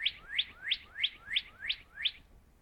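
Northern cardinal song, a series of seven rising slurred whistles, each swelling and evenly spaced, clear against a quiet background.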